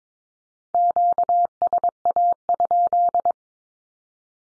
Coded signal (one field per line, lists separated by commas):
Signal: Morse code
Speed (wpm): 22 wpm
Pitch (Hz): 700 Hz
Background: none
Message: QSA?